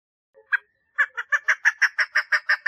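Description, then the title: Partridge starts with a couple of isolated harsh notes, then breaks into a fast, regular series of grating calls. "Perdiz Cantando"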